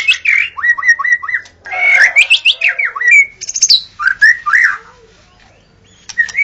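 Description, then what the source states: White-rumped shama pouring out rapid whistled and chattering phrases, then falling quiet for a second before a last short note. Natural song of a forest white-rumped shama.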